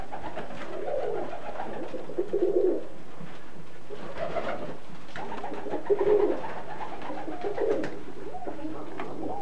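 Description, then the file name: Tumbler pigeons giving deep, burbling coos in several bursts. Tumbler pigeons kept by their owner in 1984. "mit seinen Tümmler Tauben im Jahre 1984"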